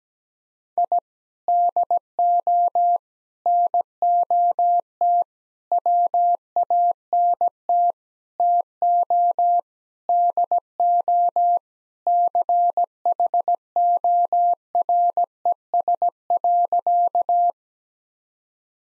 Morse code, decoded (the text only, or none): I DO NOT WANT TO DO CHORES.